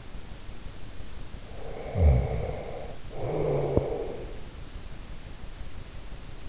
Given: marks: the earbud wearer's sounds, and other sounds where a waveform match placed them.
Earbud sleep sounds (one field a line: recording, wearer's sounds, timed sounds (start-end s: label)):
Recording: sounds in sleep by an in-ear microphone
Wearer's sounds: snoring breath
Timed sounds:
1.52-4.44 s: snoring breath